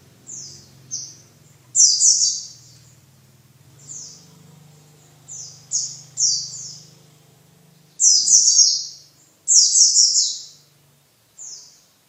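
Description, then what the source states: White-eye song, bursts of high rapid descending chirps and trills, with a low steady hum underneath. Pleci in ngalas ngeroll singing style.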